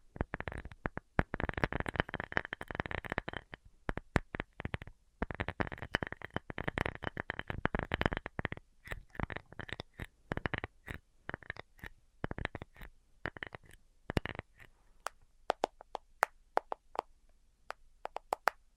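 Tapping in fast, dense bursts for the first half, then thinning into sparser, separate taps with brief pauses, each tap crisp and bright.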